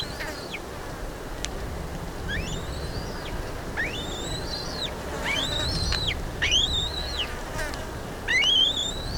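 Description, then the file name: Black-breasted buzzard giving clear, high, arched whistles that fall away at the end, repeated several times, with soft background hiss. "Hamirostra Melanosternon"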